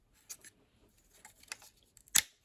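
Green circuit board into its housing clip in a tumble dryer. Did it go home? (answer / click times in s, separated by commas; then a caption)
yes / 2.2 s. A green circuit board is worked into its housing clip inside a Bosch condenser tumble dryer with no power. Soft plastic rubs and small scrapes sound as it is pushed into place, then a sharp click at 2.2 s as it seats.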